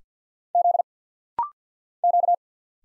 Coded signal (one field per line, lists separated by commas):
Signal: Morse code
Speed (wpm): 48 wpm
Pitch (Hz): 700 Hz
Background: none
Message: Z Q